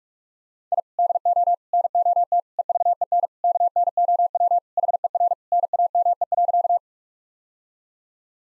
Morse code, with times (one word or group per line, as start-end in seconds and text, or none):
0.7-0.8 I
1.0-1.5 DO
1.7-2.4 NOT
2.6-3.3 EVEN
3.4-4.6 KNOW
4.8-5.3 HER
5.5-6.8 NAME.